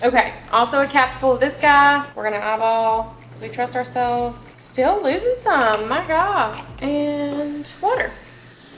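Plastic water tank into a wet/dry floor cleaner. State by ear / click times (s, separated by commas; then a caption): not seated / none. Someone talks while a plastic clean-water tank for a wet/dry floor cleaner is handled after being filled with a capful of cleaner and water, with a steady low hum underneath. The tank has not yet been inserted into the floor cleaner, and nothing has seated or clicked yet.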